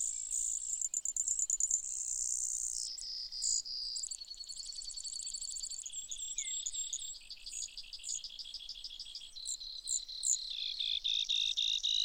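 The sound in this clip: Brewer's sparrow song: rapid trills at shifting pitches follow one another almost without pause for the full length, high and thin.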